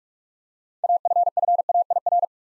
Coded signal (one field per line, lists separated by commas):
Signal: Morse code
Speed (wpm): 44 wpm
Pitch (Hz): 700 Hz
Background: none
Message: AFFAIR